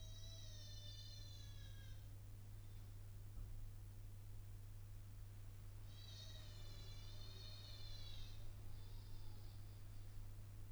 Baby Crying In The Hotel Late At Night Recorded In Hallway.